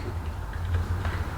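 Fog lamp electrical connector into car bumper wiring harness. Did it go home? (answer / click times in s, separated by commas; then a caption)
no / none. A fog lamp electrical connector is handled near the car bumper wiring harness while the front bumper of a Focus ST is being refitted. A steady low hum runs throughout with faint ticking handling noises, including a brief tick at 0.8 s. Nothing has seated or clicked yet.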